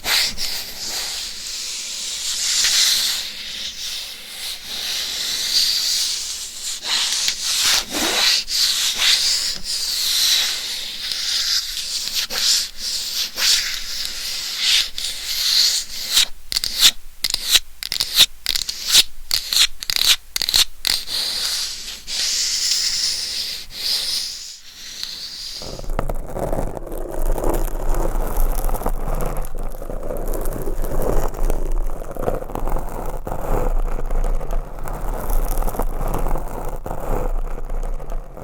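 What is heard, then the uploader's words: Scratching on a binaural microphone, a dense, bright rubbing hiss for the first twenty-five seconds, broken by rapid clicking bursts around fifteen to twenty-four seconds. Near twenty-six seconds it changes to a lower, muffled rumbling scrape that continues steadily to the end. Binaural Mic Scratching.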